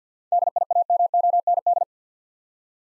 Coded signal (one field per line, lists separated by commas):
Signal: Morse code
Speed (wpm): 47 wpm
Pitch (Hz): 700 Hz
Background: none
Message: DIAMOND